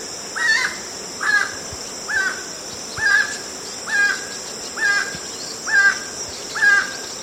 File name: Canto do tucaninho verde